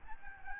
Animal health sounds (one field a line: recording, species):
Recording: mosquito wingbeat signal from an infrared sensor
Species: Aedes albopictus